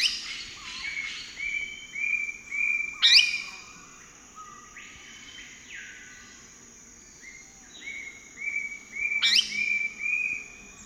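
Vulturine parrot calls: harsh squawks with quick upward sweeps twice, between runs of level whistled notes.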